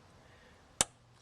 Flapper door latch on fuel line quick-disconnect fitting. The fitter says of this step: you snap it shut there you go the quick disconnect